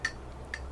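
A valve stem seal is pressed evenly down over a valve guide on the cylinder head of an Accord Wagon engine using a deep well socket. Two short, sharp clicks are heard at about 0.1 s and 0.5 s as the seal snaps into the grooves, and it is confirmed seated.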